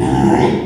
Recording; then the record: squeal of a Yucatan mini pig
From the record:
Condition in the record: after surgery on the right vocal fold (resection and tissue-engineered implant); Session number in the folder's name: 3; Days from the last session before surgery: 33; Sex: male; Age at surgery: 12 weeks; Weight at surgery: 13 kg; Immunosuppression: cyclosporine, prednisolone